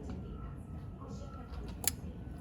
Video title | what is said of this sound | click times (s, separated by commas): Code P0325 Knock Sensor Replacement - 2003 Honda CR-V [E177] | there you go did you hear that click all right done | 1.9 s